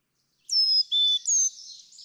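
Carolina chickadee whistled song, a pure high note dropping to a lower one and then a high note again, followed by faint high chatter.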